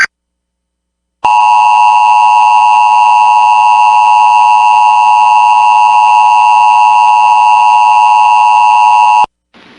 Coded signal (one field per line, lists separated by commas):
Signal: Emergency Alert System (SAME) tones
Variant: 853 and 960 Hz attention tone